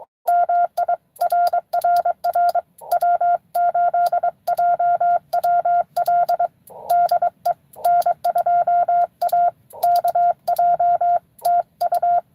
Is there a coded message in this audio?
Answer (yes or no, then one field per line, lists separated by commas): yes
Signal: Morse code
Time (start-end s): 0.3-12.2 s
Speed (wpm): 22 wpm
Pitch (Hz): 700 Hz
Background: none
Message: MI RRR W8JWL DE N2AKJ TU